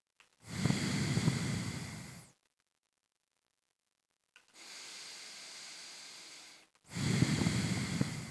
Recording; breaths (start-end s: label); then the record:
nose breathing near a microphone
0.19-2.44 s: exhalation
4.34-6.59 s: inhalation
6.59-8.31 s: exhalation
From the record:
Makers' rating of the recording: medium